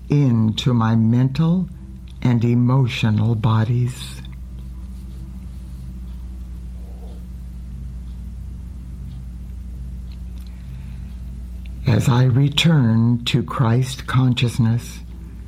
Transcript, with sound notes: into my mental and emotional bodies. (breaths) As I return to Christ consciousness,